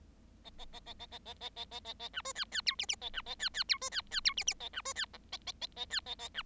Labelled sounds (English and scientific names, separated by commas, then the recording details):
Bengalese Finch (Lonchura striata domestica) song
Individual Bird7